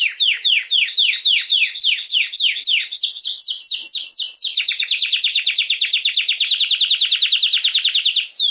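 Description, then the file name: Canary song of repeated swooping, slurred downward notes, then a quicker rhythmic run of similar notes continuing steadily. Belgian mosaic canary song. "canto do canario belga mosaico"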